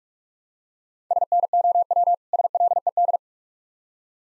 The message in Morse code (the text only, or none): SNOW SLED